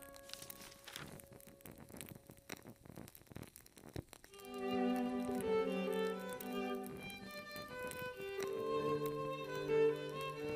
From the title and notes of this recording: Reading Nook w Candles and Classical Music. Listen to candle flickering. Hand picked Classical classics by Mozart, Beethoven, Handel, Chopin, Bach, and Tchaikovsky.